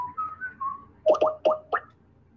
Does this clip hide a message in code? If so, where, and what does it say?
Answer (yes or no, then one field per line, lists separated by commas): no